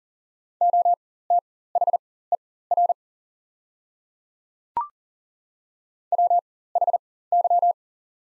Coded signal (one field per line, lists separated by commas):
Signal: Morse code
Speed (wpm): 40 wpm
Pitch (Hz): 700 Hz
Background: none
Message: OTHER WHY